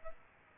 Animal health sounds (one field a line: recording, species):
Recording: mosquito wingbeat signal from an infrared sensor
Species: Aedes aegypti